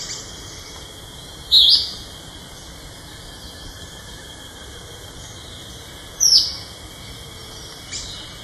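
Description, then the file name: Greenish elaenia calls: two short, high, slurred notes about five seconds apart, with a faint third near the end, over a steady high drone. Recorded at San Sebastian de la Selva on 31 March 2013. "Myiopagis-viridicata 2013-03-31 San-Sebastian-de-la-Selva Jorge-La-Grotteria"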